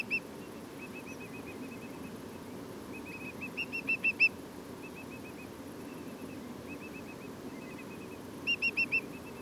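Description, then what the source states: Whimbrel piping, scattered runs of soft whistled notes with two louder rapid bursts, set against a continuous low rumble. Whimbrels giving lots of piping calls at Portland.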